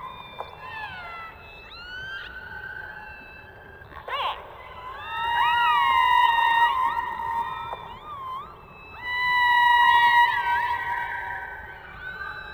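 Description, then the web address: Orca calls underwater, a burst of clicks then long wavering harmonic calls in two loud bouts, with rising whistles between. "subacuatica Audio archivos Orcas"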